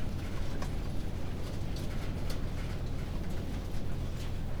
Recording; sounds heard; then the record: poultry house recording; no chicken sound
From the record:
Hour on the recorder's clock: 19